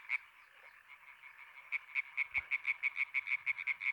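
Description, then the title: European tree frog croaking, a soft background chorus, then a fast, regular run of loud pulsed notes from about the midpoint. Many European tree frogs in intense activity at the Marguilliers pond, Sologne, France, 21 May 1993, an hour after nightfall. "Choeur de rainettes en Sologne"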